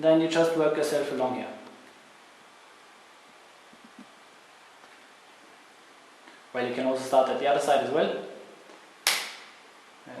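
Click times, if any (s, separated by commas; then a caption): 9.1 s. Someone talks while working along the other side of the plastic back cover of a Samsung Galaxy Beam projector smartphone, prying it off to clean or replace parts. Another back cover clip releases with a loud, sharp snap at 9.1 s, and the cover clip pops open.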